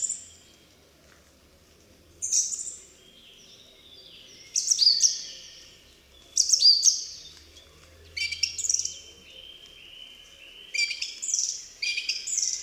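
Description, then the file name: Song thrush song of varied whistled and scratchy phrases separated by pauses, some phrases repeated, with a faint low hum behind. "Spiewak"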